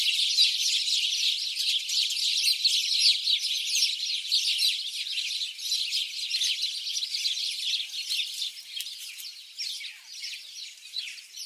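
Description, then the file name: House sparrow calls: a lively chorus of quick repeated chirps, busy at first and thinning and softening toward the end. "Passer domesticus"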